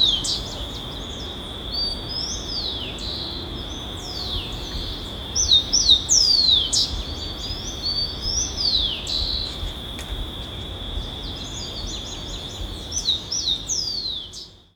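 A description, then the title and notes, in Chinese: Birds call in a garden, giving quick, bright chirps that sweep downward, in clusters around six seconds and again near the end. A steady high insect-like whine runs underneath the whole time, over a low, soft outdoor rumble. 鸟叫 卡尔达斯大学植物园，马尼萨莱斯，卡尔达斯，哥伦比亚。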